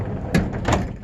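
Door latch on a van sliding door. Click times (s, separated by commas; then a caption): 0.4 s. A van's sliding door is closed and its latch catches and locks into place nicely with a sharp click at 0.4 s. A second, longer knock follows at 0.7 s over a low steady rumble.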